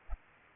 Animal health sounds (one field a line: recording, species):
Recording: mosquito wingbeat signal from an infrared sensor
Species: Aedes aegypti